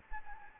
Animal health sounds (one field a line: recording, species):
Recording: mosquito wingbeat signal from an infrared sensor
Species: Anopheles gambiae